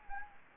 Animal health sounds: mosquito wingbeat signal from an infrared sensor; Anopheles gambiae

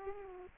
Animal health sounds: mosquito wingbeat signal from an infrared sensor; Aedes aegypti

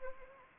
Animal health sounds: mosquito wingbeat signal from an infrared sensor; Anopheles arabiensis

